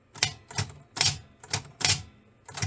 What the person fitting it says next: Yeah. So, it's not latching down and it's not starting up the motor.